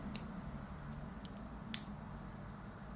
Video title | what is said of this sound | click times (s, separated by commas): How to change the infusion assembly and reservoir on a Roche Solo Micropump - Roche Solo site change | and you have to hear two clicks i | 0.2 s, 1.7 s